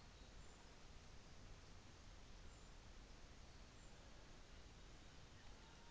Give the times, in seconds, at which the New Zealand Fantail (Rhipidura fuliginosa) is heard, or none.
none